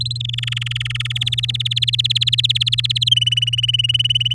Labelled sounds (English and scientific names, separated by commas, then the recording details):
Domestic Canary (Serinus canaria) song
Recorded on 10 May 2018 at 16:45
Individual llb16